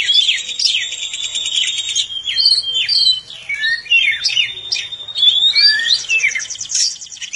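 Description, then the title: Oriental magpie-robin song, a rich, continuous run of sharp whistles, slurred upward and downward notes and buzzy chattering trills, varied throughout with almost no pauses. "Kacer5"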